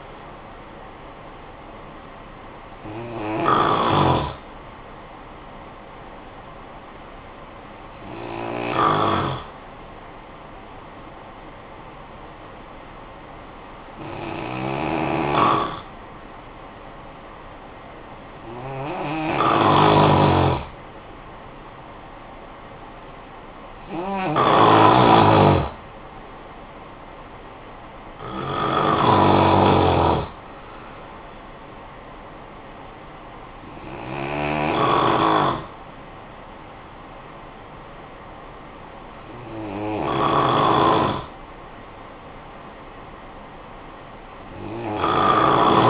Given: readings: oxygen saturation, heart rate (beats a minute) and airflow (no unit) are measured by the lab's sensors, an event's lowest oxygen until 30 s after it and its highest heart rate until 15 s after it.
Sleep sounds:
breathing in sleep by a voice recorder at the bedside; 1
4.00-19.60 s: hypopnea (N2, oxygen 90% highest, then 88% lowest, heart rate 51 at the start, 65 highest)
From the record:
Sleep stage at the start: N2 (light sleep); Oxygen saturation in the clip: 88 to 93%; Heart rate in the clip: 49 to 68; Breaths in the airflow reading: 8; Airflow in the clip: -8.2 to 5.6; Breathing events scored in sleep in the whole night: 445 in 7.6 hours asleep

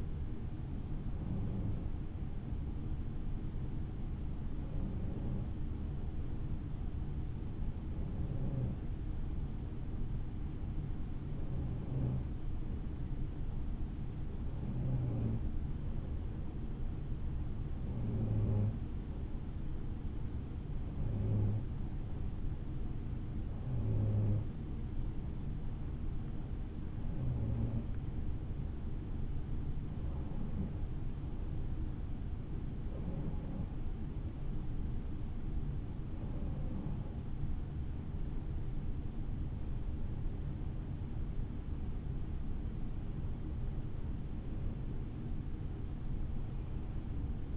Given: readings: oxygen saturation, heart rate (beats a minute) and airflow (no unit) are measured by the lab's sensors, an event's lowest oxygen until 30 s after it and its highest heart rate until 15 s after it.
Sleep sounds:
breathing in sleep by a smartphone at the bedside; 1
3.00-40.30 s: hypopnea (N1, oxygen 94% highest, then 92% lowest, heart rate 62 at the start, 68 highest)
10.00-40.00 s: new sleep stage, N2 (light sleep)
40.00-47.56 s: new sleep stage, N1 (lightest sleep)
From the record:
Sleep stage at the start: N1 (lightest sleep); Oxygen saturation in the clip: 92 to 94%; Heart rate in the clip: 60 to 68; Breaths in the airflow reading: 15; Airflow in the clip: -6.3 to 7.6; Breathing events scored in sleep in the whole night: 216 in 7.0 hours asleep

